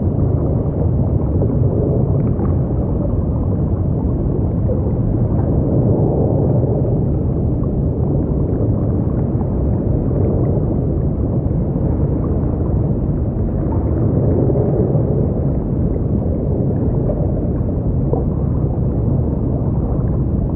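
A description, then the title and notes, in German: A deep underwater rumble fills the recording, steady and dense with no breaks. Low, muffled churning dominates, with a softer hiss above it that gently swells and recedes every few seconds, like slow pulses of moving water, and nothing bright above. Unterwasserklänge des Tiefblauen Ozeans. Lauschen Sie dem sanften Murmeln der Unterwasserströmungen.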